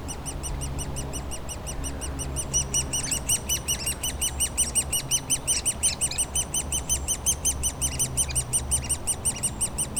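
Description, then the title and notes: Woodpecker chicks begging with a dense, nonstop stream of shrill chirps that grows louder and busier midway, with low engine rumble underneath. Woodpecker nestlings squawking continuously in their cavity at the foot of a dead tree trunk, Bois Saint-Martin near Lognes aerodrome, Noisy-le-Grand, France; light aircraft and airliners flying overhead; recorded with a DR-40X. "Bois Saint-Martin Noisy-le-Grand, France - Oisillons et gros "volatiles" bruyants. Au pied d'un tronc d'arbre mort, les oisillons d'un pic dans leur cavité piaillent continuellement alors que des avions survolent la zone"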